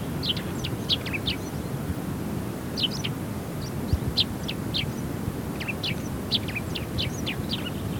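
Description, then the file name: Eurasian tree sparrow calls, bursts of quick sharp chirps separated by short pauses, with a constant low hum of noise underneath. "Passera Mattugia"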